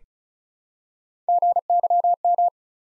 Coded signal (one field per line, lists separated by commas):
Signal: Morse code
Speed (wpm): 36 wpm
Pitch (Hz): 700 Hz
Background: none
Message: GYM